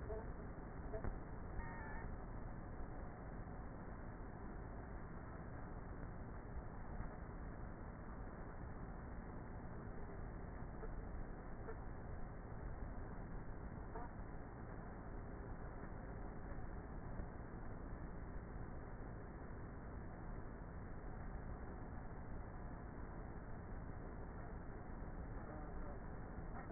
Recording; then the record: honeybee colony, microphone inside the hive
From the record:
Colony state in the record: queenless with a low population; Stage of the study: before two queens were removed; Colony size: about 30,000 bees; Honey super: no